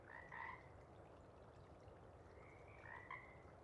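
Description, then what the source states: Pacific chorus frog giving two short croaking calls, one near the start and one after a gap of about two and a half seconds, against low steady noise. Sparse chorus before dawn as first light appears; most frogs have gone back to their burrows while a few individuals keep calling to attract a mate.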